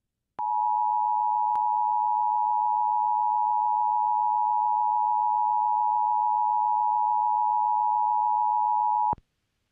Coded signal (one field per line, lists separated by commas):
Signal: Emergency Alert System (SAME) tones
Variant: 853 and 960 Hz attention tone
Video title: EAS #0011 | 5/2/21 WKLR Fort Lee, VA EAS Amber Alert issued for Noah Gabriel Trout Alerts Part 3